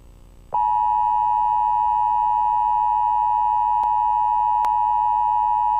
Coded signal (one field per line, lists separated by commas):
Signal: Emergency Alert System (SAME) tones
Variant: 853 and 960 Hz attention tone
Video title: EAS Scenario: Scary Entity Invasion